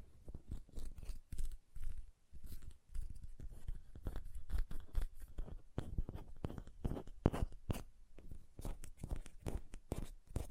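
Hands rub and tap with lotion, making a dense run of short, crisp clicks and sticky, squelching rubs. The sounds come quickly and unevenly, with a few brief pauses near the two- and three-second marks, then continue busily to the end.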